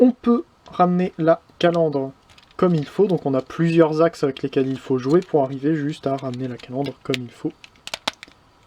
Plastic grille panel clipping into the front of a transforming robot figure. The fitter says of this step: vient se clipser en plusieurs endroits notamment sur les côtés à cet endroit là voilà